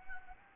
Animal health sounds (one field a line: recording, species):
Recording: mosquito wingbeat signal from an infrared sensor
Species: Anopheles gambiae